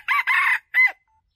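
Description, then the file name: Red junglefowl crow, caught partway: two raspy segments running together and then a short ringing final note. Wild male junglefowl crowing. "Tieng ga trong rung gay"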